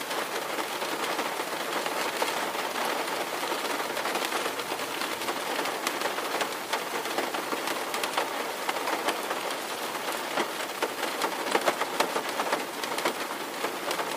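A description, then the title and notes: Steady, dense rain hisses evenly across bright and middle tones, with countless drops pattering and no change in intensity throughout. Sleep Sounds Rain White Noise.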